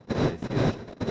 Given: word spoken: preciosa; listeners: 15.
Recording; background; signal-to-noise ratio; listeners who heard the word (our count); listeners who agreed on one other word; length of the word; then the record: one Spanish word in noise, from a listening test; noise modulated by one talker; -11.9 dB; 3 of 15; 7 of 15; 0.72 s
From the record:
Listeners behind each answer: 7, 3, 1, 1, 1, 1, 1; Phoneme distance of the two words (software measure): 10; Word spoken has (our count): 3 syllables, 8 phonemes, stress on syllable 2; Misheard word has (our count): 3 syllables, 8 phonemes, stress on syllable 2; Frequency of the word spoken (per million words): 7.70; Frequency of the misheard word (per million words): 8.79